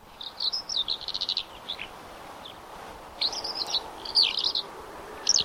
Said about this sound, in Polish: Co to za kolega twój jest? No to jest skowronek, czyli ptak, który czyni wiosnę. Nie żadna jaskółka, tylko to skowronek jest właściwie pierwszym ptakiem, który przylatuje i słychać go wszędzie.